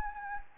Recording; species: mosquito wingbeat signal from an infrared sensor; Anopheles gambiae